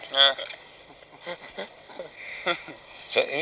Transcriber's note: laughter